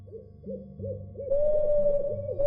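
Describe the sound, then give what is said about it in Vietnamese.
An owl hoots in a steady, repeating series of low, wavering calls that grow louder partway through, joined by a sustained higher tone, with no voices present. “Tiếng cú bắt đầu kêu vang ngày càng lớn.”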